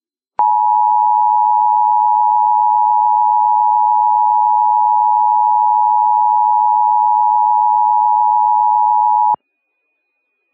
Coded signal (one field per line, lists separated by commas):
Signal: Emergency Alert System (SAME) tones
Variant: 853 and 960 Hz attention tone